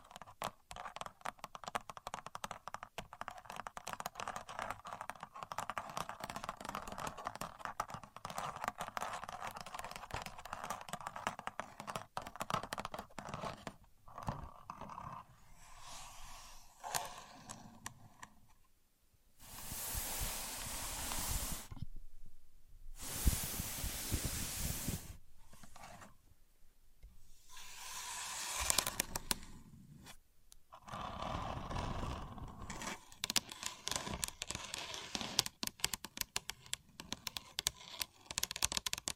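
A contour gauge's pins click and rattle in dense, rapid bursts, with broad hissy sweeps near the middle and several short silent gaps.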